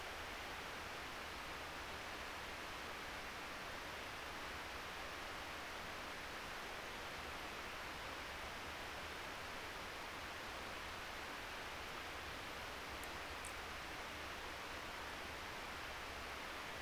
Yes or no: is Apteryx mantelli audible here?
no